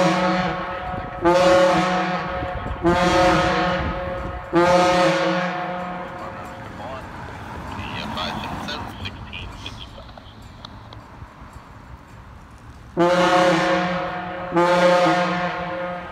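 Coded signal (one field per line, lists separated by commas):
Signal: coded fire alarm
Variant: Gamewell diaphone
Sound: deep, loud diaphone horn blasts: three in a row, pause, then two more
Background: outdoor ambience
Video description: These are Northport Fire Dwpartments diaohohes going off for a General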